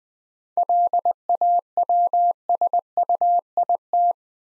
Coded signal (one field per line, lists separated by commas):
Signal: Morse code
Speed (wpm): 20 wpm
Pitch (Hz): 700 Hz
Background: none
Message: LAWSUIT